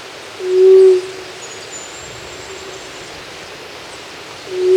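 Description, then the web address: White-throated quail-dove giving low, steady hoots, one full note followed about four seconds later by the next, over soft hiss and a faint high thin whistle. Ecuador, South America. "Birds of Ecuador. White-Throated Quail-Dove"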